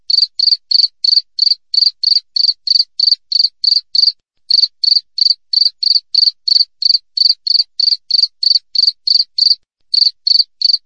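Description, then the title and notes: Cricket chirps, high and buzzy, repeated roughly three times a second in a long even series broken by a couple of short gaps. Clear wild cricket chirps with tight spacing, used as a tutor recording for training songbirds and for repelling rats. "Masteran Jangkrik Alam Jernih, Jeda Rapat Cocok Untuk Masteran Burung Dan Mengusir Tikus. suara jangkrik"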